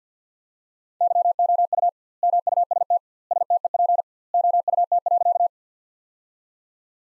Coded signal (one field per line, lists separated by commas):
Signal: Morse code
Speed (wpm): 50 wpm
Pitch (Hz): 700 Hz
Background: none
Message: YOU MUST STEP OUT.